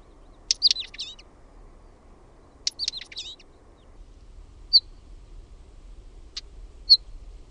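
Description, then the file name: Northern wheatear: two brief scratchy warbled phrases, then a sharp tick and two short high whistles, with soft background noise. "KIVITASKU"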